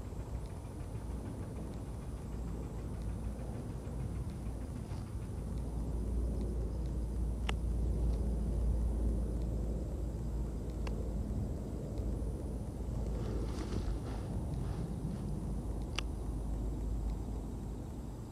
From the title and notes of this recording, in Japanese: 人参除草 お昼前。ゆっくり育つ人参を、追い越そうとしてくる草を、ハサミで根元を切っていきます。